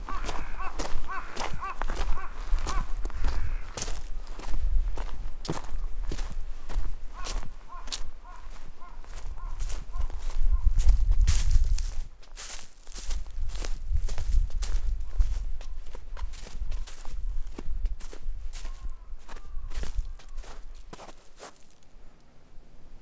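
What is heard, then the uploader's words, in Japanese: Natural sounds along a walking path: steady crunching footsteps throughout, faint bird chirps early on, and low rumbling swells around eleven and fifteen seconds. 野鳥のさえずり。お散歩道の自然の音。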